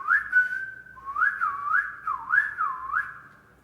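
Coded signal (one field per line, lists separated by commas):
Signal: whistled language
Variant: Silbo Gomero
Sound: one continuous whistle gliding up and down between about 1 and 2 kHz, phrase-like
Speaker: Y como pueden ver, así es como los canarios podemos hablar silbando.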